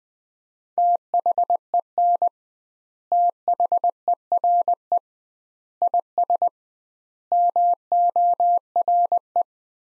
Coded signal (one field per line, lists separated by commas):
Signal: Morse code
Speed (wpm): 20 wpm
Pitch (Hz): 700 Hz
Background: none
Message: THEN THERE IS MORE